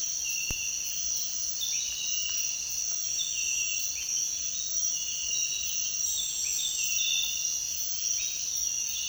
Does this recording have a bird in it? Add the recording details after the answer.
no. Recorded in dense forest near Puerto Asís, Putumayo, Colombia, on 29 June 2025 at 05:30. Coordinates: 0.466, -76.327. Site GP04